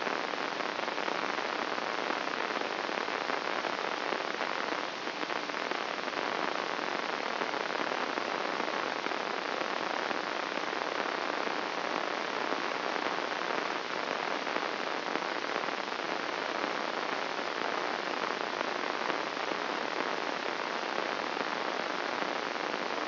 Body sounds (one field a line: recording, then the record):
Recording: brain microelectrode recording played as sound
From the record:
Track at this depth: outside the subthalamic nucleus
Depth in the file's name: 2.972 mm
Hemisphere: left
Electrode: 3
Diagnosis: Parkinson's disease